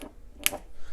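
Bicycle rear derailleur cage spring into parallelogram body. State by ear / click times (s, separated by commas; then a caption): seated / 0.5 s. A metal rear derailleur cage for a Shimano Deore LX M570/M571 M580/M581 is fitted to the parallelogram body and rotated until the spring end seats in the tighter of its holes. A sharp metallic snap rings out at 0.5 s, over faint background noise. The spring pops into place and is seated.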